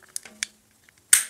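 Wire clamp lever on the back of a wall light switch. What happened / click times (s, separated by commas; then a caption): The plastic clamping lever snapped shut / 1.1 s. A Leviton Decora Edge single-pole wall light switch has a wire inserted, and the plastic clamping lever on its back is pushed down. A few faint ticks and light taps come first, then a sharp, loud click at 1.1 seconds as the lever snaps shut. The wire connector is seated.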